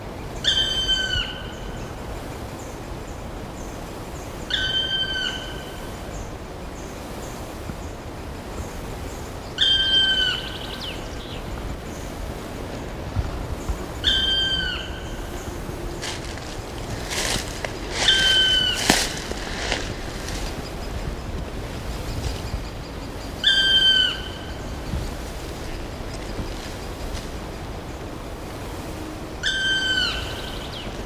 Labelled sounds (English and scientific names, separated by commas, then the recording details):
Black Woodpecker (Dryocopus martius) call
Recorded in the wild
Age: adult
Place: Mühlenbecker Wald, Brandenburg, DE
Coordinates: 52.6833, 13.4
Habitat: forest
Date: 1988-06-04 10:42
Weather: bedeckt, 18-20°C, Wind
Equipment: Nagra SN, Kopie Tesla B 116
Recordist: Tembrock, Günter